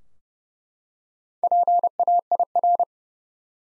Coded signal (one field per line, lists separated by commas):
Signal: Morse code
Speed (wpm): 32 wpm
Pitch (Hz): 700 Hz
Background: none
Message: PAIR